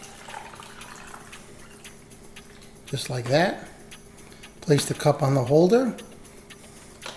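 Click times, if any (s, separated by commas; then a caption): none. Someone talks while placing a pod cup on the holder of a Chefman InstaBrew K-Cup brewer and getting ready to close its plastic lid, with faint light ticks and a low steady hum underneath. Nothing has seated or clicked yet; the lid has not snapped shut over the pod.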